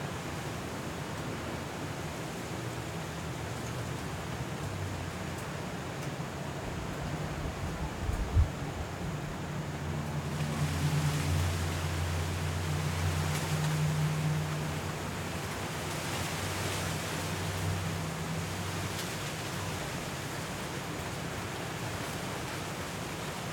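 Hurricane wind and rain roar steadily, with a low hum building from about ten seconds and a brief thump near eight seconds.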